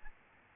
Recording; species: mosquito wingbeat signal from an infrared sensor; Aedes albopictus